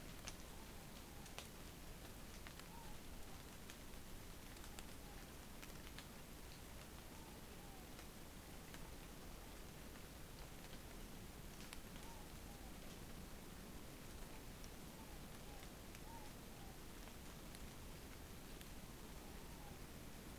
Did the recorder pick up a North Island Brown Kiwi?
no